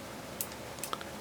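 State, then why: Seated. A micro SD card is pushed, contacts face down, into the card slot on the back of the camera on the underside of a WLtoys V666 FPV quadcopter. The spring latch clicks at 0.4 s, seating the card. A few more short, light clicks follow near 0.8, 0.9 and 1.0 s.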